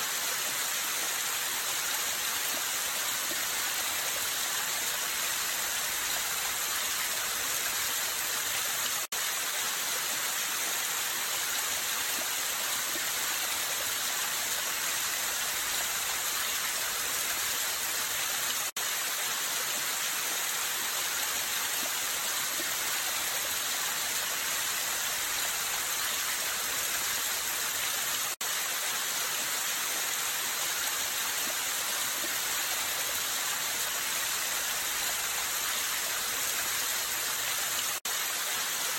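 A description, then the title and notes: A small waterfall runs steadily over stones, a dense, even hiss of water with bright splashing detail and little low rumble throughout. Sound of Forest. Beautiful little waterfall. The water drops gently flow down the stones, creating a soothing feeling.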